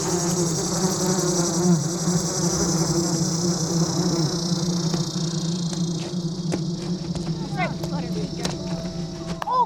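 A dense, steady drone of wasps buzzing around a nest, a low humming swarm that holds without pause, with a high whine on top and a few short chirps near the end.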